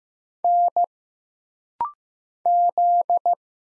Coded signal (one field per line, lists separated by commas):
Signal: Morse code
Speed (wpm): 15 wpm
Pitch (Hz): 700 Hz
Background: none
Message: N Z